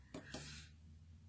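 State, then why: Not seated. A plastic cap is being pushed back onto an alcohol-based blending marker to keep it from drying out. Two brief handling sounds are heard, around 0.1 s and 0.3 s, followed by quiet room noise, and nothing has seated or clicked yet. No one talks.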